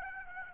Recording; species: mosquito wingbeat signal from an infrared sensor; Aedes aegypti